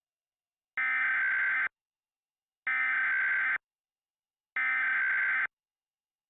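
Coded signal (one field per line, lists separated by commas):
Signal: Emergency Alert System (SAME) tones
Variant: header bursts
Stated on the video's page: Fictional EAS mock alert.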